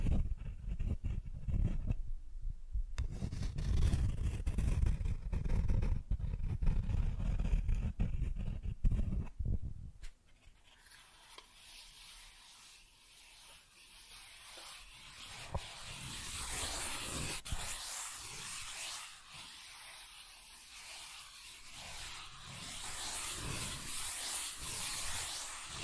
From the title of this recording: Cardboard Scratching, Tracing, Tearing